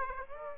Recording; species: mosquito wingbeat signal from an infrared sensor; Aedes aegypti